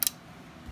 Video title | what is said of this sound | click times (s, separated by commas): How To Service Old Style Flatbed Sewing Machines | and you'll hear a click and so our case is back in place | 0.0 s